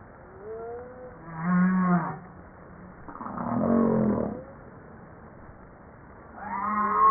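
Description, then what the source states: Humpback whale song with soft tonal whistles, a harmonic pulsed unit, then a rough broad grunting sound and a rising harmonic cry at the end. Recorded 5 March 1994, 09:52.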